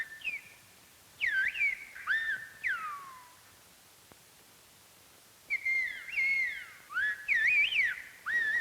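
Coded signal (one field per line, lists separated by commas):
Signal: whistled language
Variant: Silbo Gomero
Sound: sharp pitch-gliding whistles rising and falling like speech, two bursts separated by silence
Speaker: an extraordinary form of telephonic speech whistling which can be understood over a distance of 3 miles you mean they whistle in Spanish in a way the consonants and vow s are represented entirely by differences in Pitch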